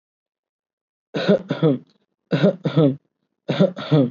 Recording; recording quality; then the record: shallow voluntary cough; excellent, no background noise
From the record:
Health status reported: COVID-19 positive, mild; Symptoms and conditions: none ticked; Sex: male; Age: 22 years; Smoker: not ticked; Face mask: not worn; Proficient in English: yes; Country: India